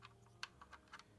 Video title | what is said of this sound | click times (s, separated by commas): From DEFECT to PERFECT: How I FIXED the faulty WiFi in my Dell Laptop! 💻🔥 | all right you should hear a click | 0.4 s